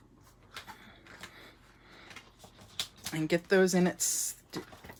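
Folded cardstock tabs on a handmade card are pushed into the card's slots, with soft paper rustles before a sharp snap at 2.8 seconds as they seat in place. Someone talks afterward.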